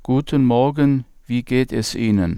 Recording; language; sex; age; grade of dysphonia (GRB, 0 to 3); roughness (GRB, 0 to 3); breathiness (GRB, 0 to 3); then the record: spoken sentence; German; male; 40 to 49 years; 1; 1; 1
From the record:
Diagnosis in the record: contact pachydermia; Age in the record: 47 years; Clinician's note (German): Kontaktpachydermie ohne "Kontaktpachydermie"